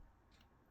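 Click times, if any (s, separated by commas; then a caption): none. A polymer Glock slide backplate is slid up its rails into the rear of a pistol slide while the ejector spring is held down with a small tool. A quiet, steady scraping is heard, with a faint higher rustle around 0.3–0.45 s. Nothing has seated or clicked yet.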